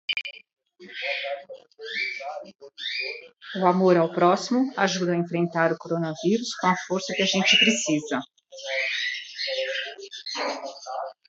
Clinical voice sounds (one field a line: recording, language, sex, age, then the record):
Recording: spoken sentence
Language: Brazilian Portuguese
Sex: female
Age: 50 to 59 years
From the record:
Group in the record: control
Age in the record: 59 years